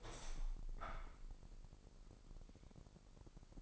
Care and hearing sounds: daily activity, microphone in the room; open window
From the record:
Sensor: 5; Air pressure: 999.9 hPa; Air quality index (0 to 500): 246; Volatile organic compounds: 33 ppm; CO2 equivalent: 3024 ppm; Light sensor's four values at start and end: 34/80/32/30 and 34/80/32/31

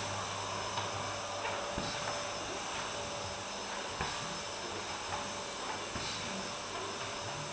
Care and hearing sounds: daily activity, microphone in the room; vacuum cleaning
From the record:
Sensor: 2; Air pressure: 1011.7 hPa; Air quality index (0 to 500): 220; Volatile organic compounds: 4 ppm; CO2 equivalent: 1549 ppm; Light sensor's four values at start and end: 8/19/8/8 and 9/20/8/8

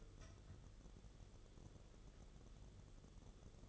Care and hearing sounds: daily activity, microphone in the room; take from stove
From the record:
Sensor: 4

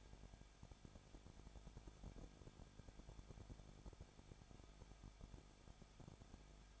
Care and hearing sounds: daily activity, microphone in the room; no activity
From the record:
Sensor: 5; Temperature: 20.9 degrees Celsius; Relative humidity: 35.1%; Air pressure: 994.6 hPa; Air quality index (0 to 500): 153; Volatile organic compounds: 2 ppm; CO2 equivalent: 1281 ppm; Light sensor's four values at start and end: 2/3/1/1 and 2/3/1/1

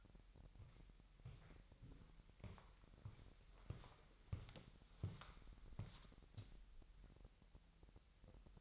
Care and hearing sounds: daily activity, microphone in the room; walk to room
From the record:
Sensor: 3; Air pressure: 1002.0 hPa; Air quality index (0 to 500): 249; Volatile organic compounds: 51 ppm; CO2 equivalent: 3307 ppm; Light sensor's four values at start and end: 7/17/7/7 and 7/15/6/6

